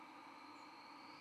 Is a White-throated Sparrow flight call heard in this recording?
yes